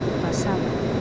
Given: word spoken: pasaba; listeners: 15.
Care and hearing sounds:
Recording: one Spanish word in noise, from a listening test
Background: speech-shaped noise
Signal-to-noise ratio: -6.0 dB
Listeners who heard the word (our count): 2 of 15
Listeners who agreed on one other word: 9 of 15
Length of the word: 0.61 s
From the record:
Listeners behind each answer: 9, 2, 1, 1, 1, 1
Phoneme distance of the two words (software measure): 20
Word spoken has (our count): 3 syllables, 6 phonemes, stress on syllable 2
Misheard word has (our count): 3 syllables, 6 phonemes, stress on syllable 2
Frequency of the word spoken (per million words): 41.30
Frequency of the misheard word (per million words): 462.01

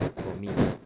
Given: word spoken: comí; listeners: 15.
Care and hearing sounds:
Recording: one Spanish word in noise, from a listening test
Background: noise modulated by one talker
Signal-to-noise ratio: -9.5 dB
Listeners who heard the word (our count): 0 of 15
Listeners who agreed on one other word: 10 of 15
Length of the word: 0.46 s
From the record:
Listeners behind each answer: 10, 2, 1, 1, 1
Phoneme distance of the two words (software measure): 14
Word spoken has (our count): 2 syllables, 4 phonemes, stress on syllable 2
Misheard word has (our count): 3 syllables, 6 phonemes, stress on syllable 2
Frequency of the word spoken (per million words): 1.48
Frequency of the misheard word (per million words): 65.39

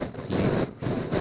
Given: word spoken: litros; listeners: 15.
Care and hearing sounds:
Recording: one Spanish word in noise, from a listening test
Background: noise modulated by three-talker babble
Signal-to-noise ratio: -7.1 dB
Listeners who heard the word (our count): 2 of 15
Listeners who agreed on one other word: 9 of 15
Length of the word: 0.81 s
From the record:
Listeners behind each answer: 9, 2, 1, 1, 1, 1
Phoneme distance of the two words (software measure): 10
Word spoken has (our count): 2 syllables, 6 phonemes, stress on syllable 1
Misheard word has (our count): 2 syllables, 6 phonemes, stress on syllable 1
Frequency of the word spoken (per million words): 16.19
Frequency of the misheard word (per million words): 112.38

